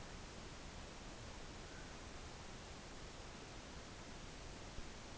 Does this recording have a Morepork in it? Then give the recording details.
no. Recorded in New Zealand on 12 November 2013. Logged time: 02:19. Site Ponui